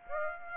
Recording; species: mosquito wingbeat signal from an infrared sensor; Aedes aegypti